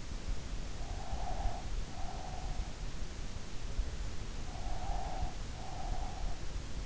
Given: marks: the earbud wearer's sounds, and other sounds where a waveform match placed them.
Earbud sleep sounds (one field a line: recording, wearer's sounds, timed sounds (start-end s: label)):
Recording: sounds in sleep by an in-ear microphone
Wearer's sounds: breath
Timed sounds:
0.68-2.95 s: breath
4.24-6.44 s: breath